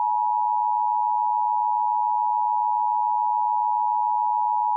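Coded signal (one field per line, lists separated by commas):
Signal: Emergency Alert System (SAME) tones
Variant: 853 and 960 Hz attention tone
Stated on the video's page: Fictional EAS scenario built with Audacity, using valid EAS tones.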